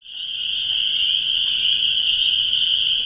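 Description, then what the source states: Frogs calling in chorus: a dense, unbroken high trilling that swells in over the first half second and then holds steady throughout. Recorded at sunset on a chilly April evening during a spring frog survey; a chorus of frogs croaking.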